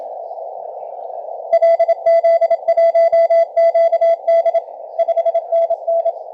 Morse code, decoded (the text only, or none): LZ1QD 5NN